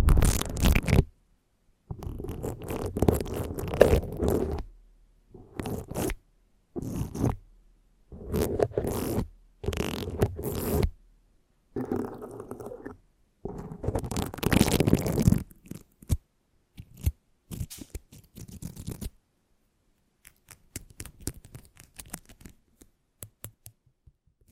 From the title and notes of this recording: ASMR Intense Mic Scratching - Extremely Tingly (No Talking).